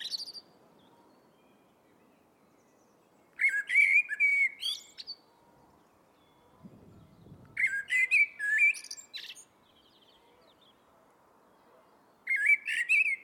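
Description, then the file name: Eurasian blackbird singing rich whistled phrases with scratchy high notes, several phrases separated by long silent gaps, and a brief low rumble between. "Turdus merula"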